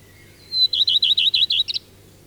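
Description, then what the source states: Common Redstart song phrase: a high drawn-out opening note, then a rapid series of several clear, high, dipping notes ending in a brief twittered flourish. Faint, clear song heard on an evening trip to a pine heath in Finland; also lives in farmyards and parks, now rare in southernmost Finland.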